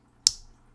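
The milled folding clasp on the metal bracelet of a San Martin dive watch is pressed closed and latches with one sharp, bright click at 0.3 s, a very solid snap that fades within about a quarter second against a quiet background. The clasp is seated securely and is not going anywhere.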